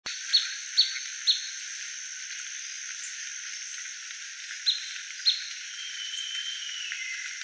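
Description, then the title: Blackish pewee giving sharp, high pip notes, three in quick succession and two more after a pause, over a steady high insect whine. Nominate subspecies nigrescens. "LuckyPassaro Completos2Sama. Blackish Pewee (Contopus nigrescens nigrescens)"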